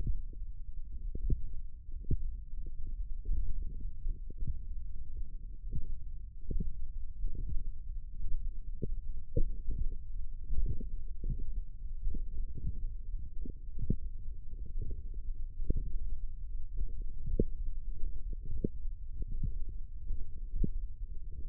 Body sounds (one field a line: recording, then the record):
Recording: forearm muscle sounds (acoustic myography)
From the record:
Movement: index flexion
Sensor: system 1, eight BSWA MPA416 microphones around the upper forearm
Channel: 6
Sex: female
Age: 22 years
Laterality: right